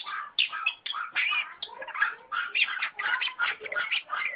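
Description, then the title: Long-tailed shrike song, a dense, harsh, scratchy chatter of rapid jumbled notes running without pause through the whole stretch. Combination song style (kombinasi). "Cendet Kombinasi"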